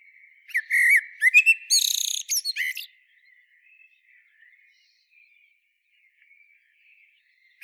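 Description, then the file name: Common blackbird singing one phrase of low fluted whistles followed by a squeaky, twittering flourish, then quiet with only faint high rustling. "Turdus merula"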